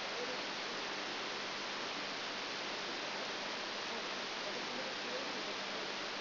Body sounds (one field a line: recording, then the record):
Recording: brain microelectrode recording played as sound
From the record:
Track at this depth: outside the subthalamic nucleus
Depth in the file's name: 0.006 mm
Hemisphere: left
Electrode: 3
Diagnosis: Parkinson's disease